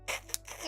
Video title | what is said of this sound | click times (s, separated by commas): Building an X-Wing & R2-D2 model kit✨Star Wars Plamo time~!【Handcam】 | There we go. Do you guys hear the snap? That one had a bigger snap to it. | 0.3 s